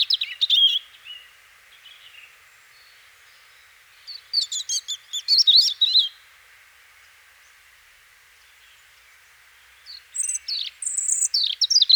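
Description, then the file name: European robin singing short bursts of high warbling and thin whistled notes, three phrases separated by quiet gaps of several seconds. "Erithacus rubecula"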